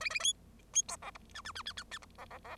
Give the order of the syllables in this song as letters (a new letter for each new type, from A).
A A B B C D E F F F F F F E D D D